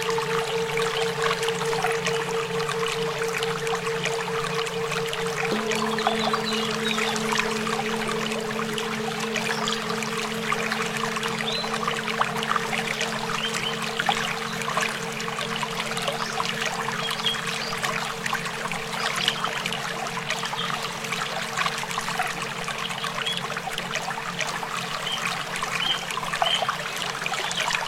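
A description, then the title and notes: Singing bowls hum with a steady, sustained ringing over continuously running water. The water forms a dense, crackling trickle throughout, while two bowl tones hold, one low and one higher; the lower tone shifts slightly at about five seconds and continues unchanged. Bowl sound massage, running water.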